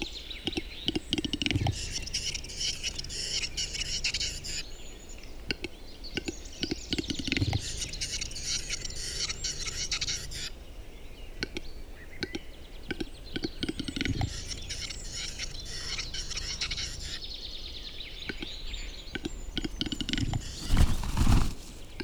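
A displaying capercaillie cock in a forest at the end of April, its sharp clicks and pops sounding as brief bursts every few seconds. Dense, bright birdsong and twittering fill the background throughout, with scattered low thumps and a louder burst near the end.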